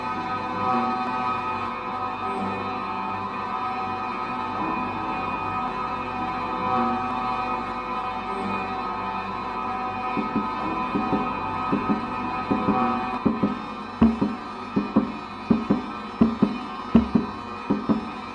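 Everyday objects repurposed as invented instruments hum with a steady, layered drone, then sharp knocks and taps come faster and louder after twelve seconds.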